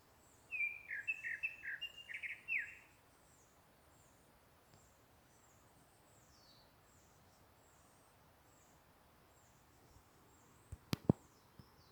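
Bird calls: a quick series of short chirping notes for about two seconds, with fainter high twittering from other birds behind, then quiet and a few sharp clicks near the end.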